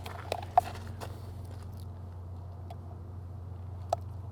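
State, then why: Seated. A replacement part from a canister filter service kit is pushed into an FX6 aquarium canister filter over a steady low hum, with a few soft taps near the start. Sharp clicks at 0.6 s and 3.9 s mark the part snapping into place, and it is seated.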